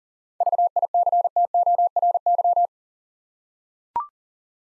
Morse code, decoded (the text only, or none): VICTORY